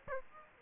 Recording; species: mosquito wingbeat signal from an infrared sensor; Aedes aegypti